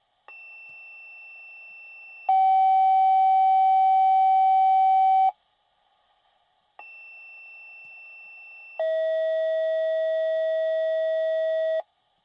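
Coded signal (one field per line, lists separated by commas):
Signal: two-tone page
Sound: two tone pairs: a 2-second quiet high tone, then a 3-second loud lower tone, twice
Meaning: Alerts a fire department pager to receive a dispatch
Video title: Fire Department Dispatch Pager Sound Effect | Emergency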